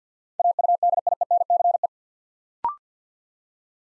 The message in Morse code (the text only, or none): AUDIENCE